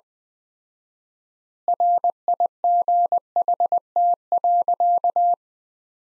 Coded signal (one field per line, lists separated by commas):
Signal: Morse code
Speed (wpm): 20 wpm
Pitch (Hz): 700 Hz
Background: none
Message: RIGHT.